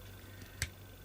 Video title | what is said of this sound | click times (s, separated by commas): Triang T90 'JINTY' Part II Track, Wagons, Rolling Stock | and you can hear it clicking back into place | 0.6 s